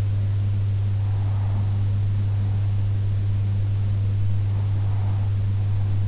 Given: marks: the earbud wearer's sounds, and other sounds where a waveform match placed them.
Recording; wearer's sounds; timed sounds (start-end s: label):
sounds in sleep by an in-ear microphone; breath
0.15-2.15 s: breath